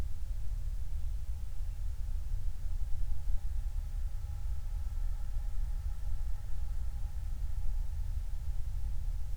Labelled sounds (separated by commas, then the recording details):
near silence
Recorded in the Prudhoe Bay oil fields, Alaska, on 29 July 2019
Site 29